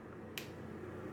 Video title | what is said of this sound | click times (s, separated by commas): SOLVED - iPhone 6 Plus - How to Fix Vertical Blue Lines - Unresponsive Screen not responding | oh you heard the snap so | 0.4 s